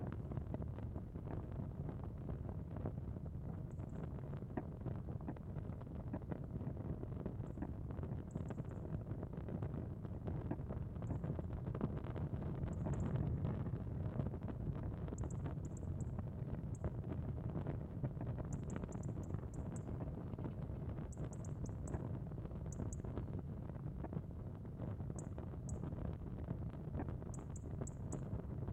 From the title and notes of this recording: Yanartaş ([janaɾˈtaʃ], Turkish for "flaming stone") is a geographical feature near the Olympos valley and national park in Antalya Province in southwestern Turkey. It is the site of dozens of small fires which burn constantly from vents in the rocks on the side of the mountain.